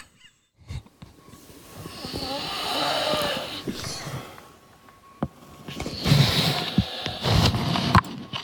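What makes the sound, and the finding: Adult sleeper. Snoring.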